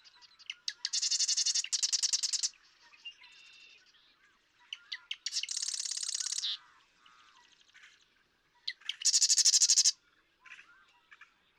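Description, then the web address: Marsh Wren song: three rapid, dry rattling trills, each opened by a few sharp ticks. "birdsongforthecurious Marsh Wren"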